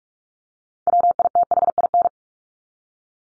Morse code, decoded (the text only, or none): WITHIN